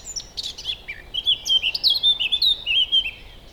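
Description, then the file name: Eurasian blackcap song, a fast run of sweet warbled notes between high chirps, rising in loudness through the phrase and ending in clearer whistled flourishes. "Sylvia atricapilla"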